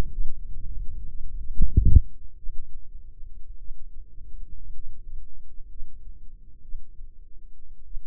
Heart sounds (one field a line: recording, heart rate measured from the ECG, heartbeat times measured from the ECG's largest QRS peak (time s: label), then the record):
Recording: heart sounds by microphone in the left ear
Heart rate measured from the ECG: 54 bpm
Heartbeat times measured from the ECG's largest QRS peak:
0.10 s: heartbeat
1.07 s: heartbeat
2.35 s: heartbeat
3.57 s: heartbeat
4.72 s: heartbeat
5.67 s: heartbeat
6.60 s: heartbeat
7.83 s: heartbeat
From the record:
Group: healthy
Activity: rest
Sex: female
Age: 36 years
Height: 163 cm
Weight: 88 kg